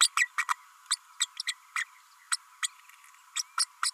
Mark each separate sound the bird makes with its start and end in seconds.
0.00-0.08, 0.17-0.28, 0.38-0.46, 0.49-0.54, 0.90-0.96, 1.20-1.26, 1.47-1.54, 1.75-1.84, 2.31-2.36, 2.62-2.68, 3.35-3.42, 3.58-3.65, 3.82-3.90